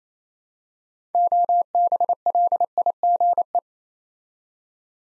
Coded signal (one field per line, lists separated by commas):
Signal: Morse code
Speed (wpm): 28 wpm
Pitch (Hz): 700 Hz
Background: none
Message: OBLIGE